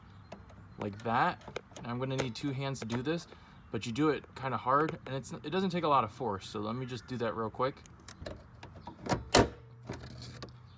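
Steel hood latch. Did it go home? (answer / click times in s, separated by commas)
released / 9.3 s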